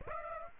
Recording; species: mosquito wingbeat signal from an infrared sensor; Aedes aegypti